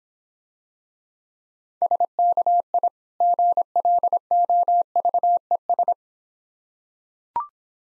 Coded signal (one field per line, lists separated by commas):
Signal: Morse code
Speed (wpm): 26 wpm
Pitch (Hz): 700 Hz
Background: none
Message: SKI GLOVES